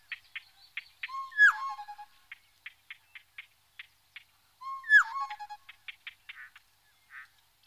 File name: gonolec ventre blanc